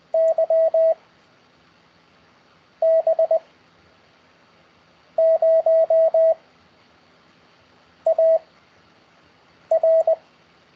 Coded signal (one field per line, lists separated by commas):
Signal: Morse code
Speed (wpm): 20 wpm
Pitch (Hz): 650 Hz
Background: none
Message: Y B 0 A R